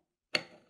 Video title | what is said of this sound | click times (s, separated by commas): How to Make a Button Pin Using Button Press Machine | it just clicks in and drops back down | 0.3 s